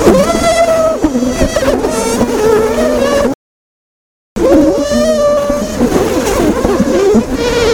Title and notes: Lyd fra bier når kolonien ble angrepet av kjempeveps. by forskningno